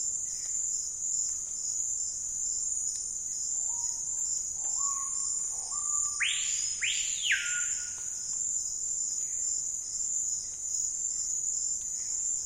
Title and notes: Amazon basin rainforest - Calm afternoon. Insect and frog chorus punctuated by the iconic calls of Screaming Pihas